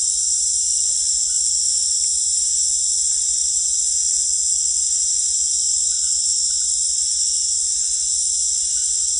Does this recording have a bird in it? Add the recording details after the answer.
no. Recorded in secondary vegetation near Puerto Asís, Putumayo, Colombia, on 20 December 2024 at 18:30. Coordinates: 0.488, -76.319. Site GP04